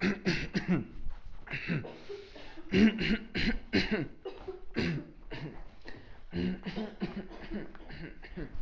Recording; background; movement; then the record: throat clearing; a bystander coughing; walking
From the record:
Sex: male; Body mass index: 21.0 kg/m2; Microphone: on the chest, facing outward